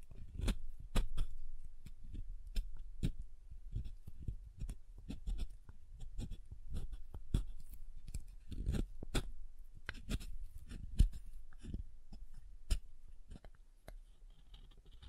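Soft soap is tapped and carved in a steady run of sharp clicks and scrapes, several per second, over a low thudding underlay.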